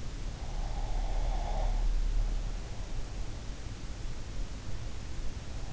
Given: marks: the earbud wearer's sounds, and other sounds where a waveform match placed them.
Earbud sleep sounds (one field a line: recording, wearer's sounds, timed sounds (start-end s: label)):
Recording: sounds in sleep by an in-ear microphone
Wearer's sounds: breath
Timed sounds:
0.37-3.05 s: breath